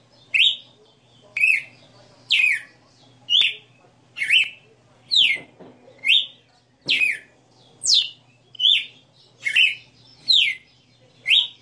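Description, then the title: Red-cowled cardinal song: a long series of sharp, downslurred whistled notes delivered evenly, close to one per second, with a faint steady hum beneath. Female red-cowled cardinal singing live; song style called 60 notas (sixty notes). "Canto Galo Campina Fêmea 02. Galo de Campina 60 NOTAS Cantando Ao vivo"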